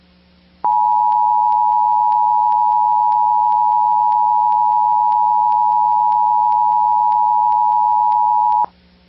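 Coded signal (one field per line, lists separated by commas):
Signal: Emergency Alert System (SAME) tones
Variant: 853 and 960 Hz attention tone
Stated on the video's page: Real EAS captures with valid SAME tones capable of activating EAS equipment.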